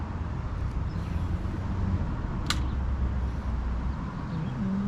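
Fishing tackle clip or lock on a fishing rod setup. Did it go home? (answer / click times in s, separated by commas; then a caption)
yes / 2.5 s. While a fishing rod is being set up, a tackle clip or lock on the rod is fitted against a steady low rumble of background noise. A single sharp click at 2.5 s marks the part locking in place.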